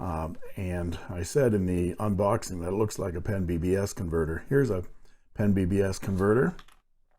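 A spare plastic piston converter from a BBS pen is being handled at the grip section of a Moonman C3 fountain pen while someone talks throughout. Nothing has seated or clicked yet; the converter is not yet pushed home on the section's nipple.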